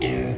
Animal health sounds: contact call of a hoofed animal; pig; closed-mouth grunt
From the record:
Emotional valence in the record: negative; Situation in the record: short social isolation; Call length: 0.38 s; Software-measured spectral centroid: 1800 Hz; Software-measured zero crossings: 1180 a second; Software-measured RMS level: -24 dBFS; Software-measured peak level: -13 dBFS

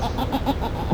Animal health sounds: contact call of a hoofed animal; goat; low-frequency (closed-mouth) or high-frequency (open-mouth) call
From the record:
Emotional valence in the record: negative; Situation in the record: short social isolation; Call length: 0.95 s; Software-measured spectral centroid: 2310 Hz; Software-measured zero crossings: 1400 a second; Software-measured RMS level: -24 dBFS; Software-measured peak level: -10 dBFS

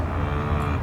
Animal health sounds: contact call of a hoofed animal; cattle; low-frequency (closed-mouth) or high-frequency (open-mouth) call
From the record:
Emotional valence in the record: negative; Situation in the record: full separation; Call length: 0.84 s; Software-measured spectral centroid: 1470 Hz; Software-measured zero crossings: 910 a second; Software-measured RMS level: -24 dBFS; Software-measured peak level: -13 dBFS

